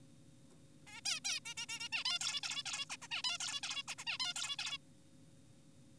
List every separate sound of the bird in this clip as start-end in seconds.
0.87-1.00, 1.06-1.20, 1.25-1.40, 1.46-1.54, 1.57-1.66, 1.69-1.79, 1.80-1.89, 1.93-2.04, 2.05-2.19, 2.21-2.40, 2.43-2.63, 2.66-2.86, 2.90-2.97, 3.02-3.08, 3.11-3.22, 3.24-3.38, 3.40-3.60, 3.63-3.83, 3.88-3.95, 3.98-4.04, 4.07-4.18, 4.20-4.34, 4.36-4.56, 4.59-4.78